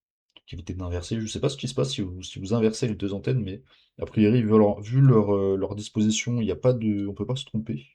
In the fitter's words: Ça se clipse tout simplement.